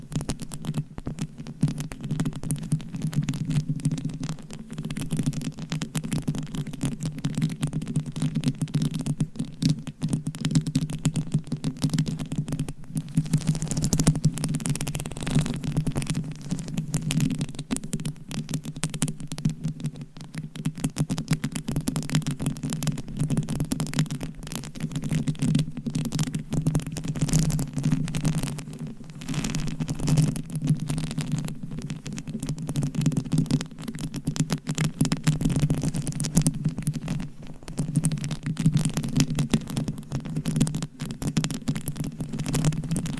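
Scratching on a DIY mic cover, with a steady, dense rasp that runs without a break for the whole stretch. A heavy low rumble sits beneath a thick layer of fast, gritty rubbing, and the level holds fairly even throughout.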